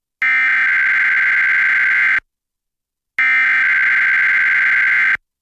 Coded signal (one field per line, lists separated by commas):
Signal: Emergency Alert System (SAME) tones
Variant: header bursts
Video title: EAS #1122-1124: 1 NWR and 2 EAS Required Monthly Tests- Oct. 16, 2025- 10:16AM PDT